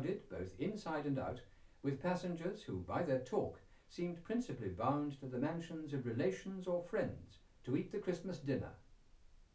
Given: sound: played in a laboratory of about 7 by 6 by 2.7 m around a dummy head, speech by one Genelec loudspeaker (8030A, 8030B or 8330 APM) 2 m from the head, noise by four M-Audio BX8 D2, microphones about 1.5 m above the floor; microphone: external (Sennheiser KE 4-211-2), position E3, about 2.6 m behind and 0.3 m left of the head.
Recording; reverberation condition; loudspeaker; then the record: male speech in English; low; 90 degrees to the right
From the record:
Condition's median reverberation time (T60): about 310 ms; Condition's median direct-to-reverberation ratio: about 3.5 dB